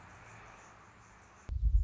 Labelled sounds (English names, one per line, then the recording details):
Anna's Hummingbird
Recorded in Sonoma County, California